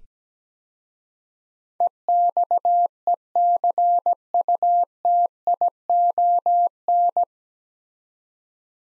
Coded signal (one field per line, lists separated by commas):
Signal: Morse code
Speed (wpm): 17 wpm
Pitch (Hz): 700 Hz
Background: none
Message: EXECUTION